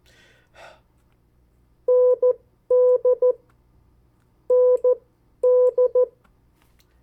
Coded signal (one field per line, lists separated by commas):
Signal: Morse code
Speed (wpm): 14 wpm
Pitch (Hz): 500 Hz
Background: none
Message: ND ND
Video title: 50 State Abbreviations, Variable speeds, in CW Video #5